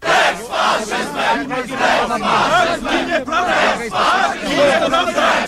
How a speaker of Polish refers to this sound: Kilkadziesiąt osób z transparentami "Tu są granice przyzwoitości" skandowało "Polska wolna od faszyzmu".